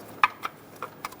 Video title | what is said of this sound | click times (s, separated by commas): How to Replace Camshaft Position Sensor 2003-2007 Honda Accord | make sure it's locked on | 0.2 s